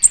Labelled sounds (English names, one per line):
American Redstart flight call